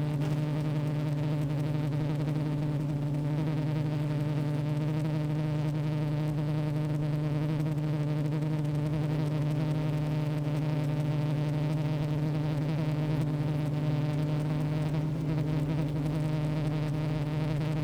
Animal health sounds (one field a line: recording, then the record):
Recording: honeybee colony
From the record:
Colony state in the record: active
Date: 28 July 2017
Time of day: 15:07